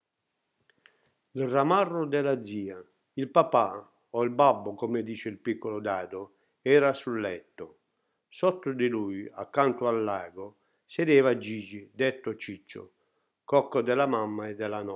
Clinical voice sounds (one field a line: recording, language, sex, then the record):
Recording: read passage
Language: Italian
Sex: male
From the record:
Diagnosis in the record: healthy control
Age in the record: 68 years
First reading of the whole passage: 60 s, 8.7 characters per second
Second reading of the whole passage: 55 s, 9.3 characters per second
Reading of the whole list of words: 43 s, 6.5 characters per second